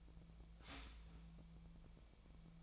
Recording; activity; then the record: daily activity, microphone in the room; start toaster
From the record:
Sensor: 1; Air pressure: 1009.2 hPa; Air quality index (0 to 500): 196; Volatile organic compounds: 19 ppm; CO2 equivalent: 2672 ppm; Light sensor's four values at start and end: 28/70/29/35 and 28/70/29/35